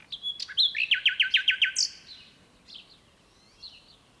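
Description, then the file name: Common nightingale delivers a brief whistle then a crisp, evenly repeated trill of several notes, ending with a high note and faint soft calls. "Luscinia megarhynchos"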